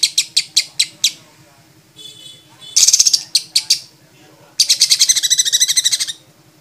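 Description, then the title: Lovebird song: a quick run of sharp high chirps, then a buzzy rattling burst and a long dense chattering trill; a faint low hum runs beneath. Lovebird described as a champion with a clear voice; masteran recording for training other songbirds. "MASTERAN BURUNG 2. Kicau Suara Burung Lovebird Juara Suara Bening"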